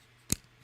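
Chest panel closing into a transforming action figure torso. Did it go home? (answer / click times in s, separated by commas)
yes / 0.3 s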